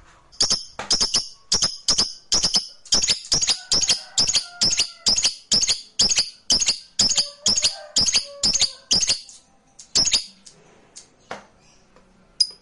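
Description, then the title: Lovebird chattering in quick, sharp, high chirps, roughly two or three each second for about nine seconds, then trailing off into a few scattered notes. Meant to prompt a lazy, quiet lovebird into singing spontaneously and eagerly. "LOVEBIRD Malas Bunyi JADI GREGET SPONTAN Langsung NARIK"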